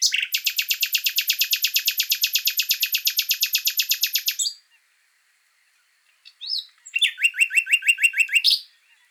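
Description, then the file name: Common nightingale song: a long, even rattling trill of rapidly repeated notes lasting over four seconds, a pause, a rising whistle, then a series of sharp descending notes. "Luscinia megarhynchos"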